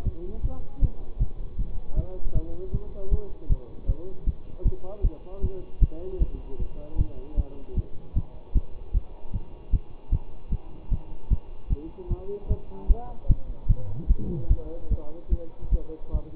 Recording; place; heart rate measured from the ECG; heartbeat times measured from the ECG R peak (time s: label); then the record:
heart sounds by stethoscope; between the tricuspid and mitral areas; 153 bpm
0.06 s: heartbeat
0.44 s: heartbeat
0.82 s: heartbeat
1.21 s: heartbeat
1.59 s: heartbeat
1.97 s: heartbeat
2.35 s: heartbeat
2.74 s: heartbeat
3.12 s: heartbeat
3.50 s: heartbeat
3.88 s: heartbeat
4.27 s: heartbeat
4.65 s: heartbeat
5.04 s: heartbeat
5.43 s: heartbeat
5.81 s: heartbeat
6.20 s: heartbeat
6.60 s: heartbeat
6.99 s: heartbeat
7.37 s: heartbeat
7.77 s: heartbeat
8.16 s: heartbeat
8.55 s: heartbeat
8.94 s: heartbeat
9.34 s: heartbeat
9.73 s: heartbeat
10.12 s: heartbeat
10.52 s: heartbeat
10.91 s: heartbeat
11.30 s: heartbeat
11.70 s: heartbeat
12.10 s: heartbeat
12.50 s: heartbeat
12.89 s: heartbeat
13.29 s: heartbeat
13.69 s: heartbeat
14.09 s: heartbeat
14.50 s: heartbeat
14.91 s: heartbeat
15.31 s: heartbeat
15.72 s: heartbeat
16.14 s: heartbeat
From the record:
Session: bicycle stress test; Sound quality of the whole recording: good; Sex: male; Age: 24 years